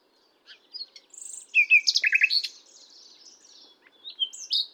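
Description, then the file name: Common nightingale song: varied phrases of whistles, buzzy notes and a fast burst of repeated chirps, with pauses between. "Luscinia megarhynchos"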